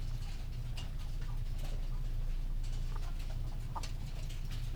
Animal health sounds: poultry house recording; sick chickens (respiratory disease)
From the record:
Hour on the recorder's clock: 19

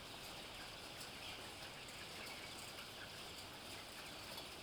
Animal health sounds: poultry house recording; healthy chickens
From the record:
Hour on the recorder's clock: 14

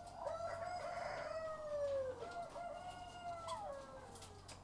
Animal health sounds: poultry house recording; sick chickens (respiratory disease)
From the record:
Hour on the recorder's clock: 12

